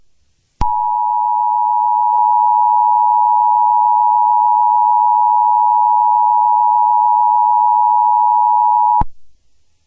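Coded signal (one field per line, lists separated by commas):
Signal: Emergency Alert System (SAME) tones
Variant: 853 and 960 Hz attention tone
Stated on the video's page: Fictional EAS scenario made for entertainment.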